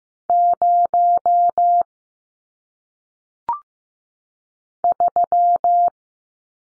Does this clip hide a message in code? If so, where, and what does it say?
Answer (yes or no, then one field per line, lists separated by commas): yes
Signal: Morse code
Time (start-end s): 0.3-5.9 s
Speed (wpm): 15 wpm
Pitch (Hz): 700 Hz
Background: none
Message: 0 3